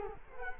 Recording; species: mosquito wingbeat signal from an infrared sensor; Culex quinquefasciatus